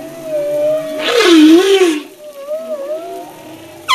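Humpback whale song, a long undulating tonal moan swelling into a rough, wavering cry, followed by quieter sliding whistles and a sudden sharp burst at the end.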